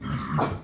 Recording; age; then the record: pig call; growing-finishing pig (85 days or more)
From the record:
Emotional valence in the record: positive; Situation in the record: run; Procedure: transit